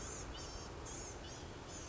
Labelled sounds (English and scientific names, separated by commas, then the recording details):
Blue-gray Gnatcatcher (Polioptila caerulea)
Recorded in Sonoma County, California